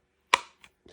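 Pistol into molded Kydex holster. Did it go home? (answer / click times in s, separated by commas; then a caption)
yes / 0.3 s. A pistol is pushed into a molded Kydex G-code holster with Level 1 friction retention and clicks into place with a sharp, bright snap at 0.3 s. A faint tap follows at 0.7 s and a soft, brief rustle at 0.9 s. The pistol is seated and held firmly by friction, so it won't fall out.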